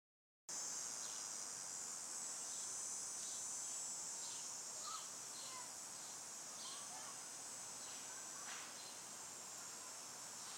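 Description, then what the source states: Cricket: insects buzzing in a continuous high shrill drone, steady throughout, with faint softer pulses beneath. Crickets and cicadas buzzing in trees along a residential street on a hot day.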